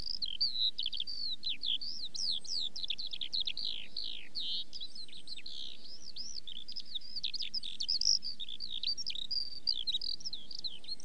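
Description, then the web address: Eurasian skylark song, long and ceaseless, with quick slurred notes and buzzy trills tumbling together, over faint background noise. "The BBC Sound Effects Library - Complete 60 CDs Collection Sound Effects Library-12 (British Birds) 17 Skylark"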